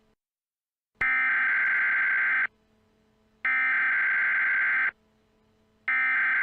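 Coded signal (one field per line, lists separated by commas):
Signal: Emergency Alert System (SAME) tones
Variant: header bursts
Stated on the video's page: Homemade fictional EAS alert.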